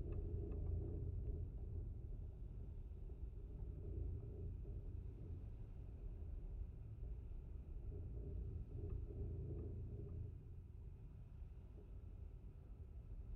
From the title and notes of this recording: Windfence. It was a cloudy windy day when I visited the beach at the base of the grassland dunes in Warren Dunes State Park. In this second recording both contact microphones were attached to the twisted metal wire which held up the wooden pieces of this fence. I love the low vibrations in this recording.